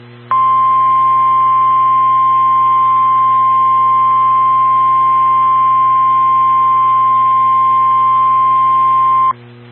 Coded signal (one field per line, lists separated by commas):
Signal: Emergency Alert System (SAME) tones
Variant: 1050 Hz attention tone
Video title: Severe Thunderstorm Warning (Carroll/Whiteside Counties, IL) (5/23/20) [EAS #29]